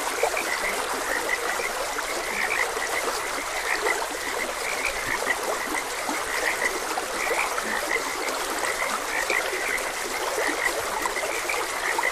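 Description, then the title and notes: Continuous frog chorus, staccato croaks from several animals layered together, with the hiss of flowing water throughout. Frogs croaking beside a gentle stream. "Gentle Stream and Frogs Croaking. Sleep and Relaxation Podcast"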